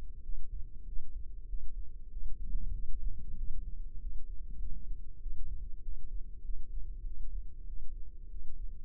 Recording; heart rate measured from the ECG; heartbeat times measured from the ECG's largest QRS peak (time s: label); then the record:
heart sounds by microphone in the left ear; 97 bpm
0.21 s: heartbeat
0.84 s: heartbeat
1.46 s: heartbeat
2.08 s: heartbeat
2.71 s: heartbeat
3.35 s: heartbeat
3.98 s: heartbeat
4.57 s: heartbeat
5.19 s: heartbeat
5.80 s: heartbeat
6.42 s: heartbeat
7.03 s: heartbeat
7.64 s: heartbeat
8.28 s: heartbeat
From the record:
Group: healthy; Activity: rest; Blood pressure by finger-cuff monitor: 117/76 mmHg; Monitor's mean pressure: 88 mmHg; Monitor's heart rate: 97 bpm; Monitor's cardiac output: 7.8 L/min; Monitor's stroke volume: 80 mL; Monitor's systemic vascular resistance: 830 dyn s/cm5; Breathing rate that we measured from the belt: 21 breaths a minute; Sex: female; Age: 19 years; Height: 163 cm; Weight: 51 kg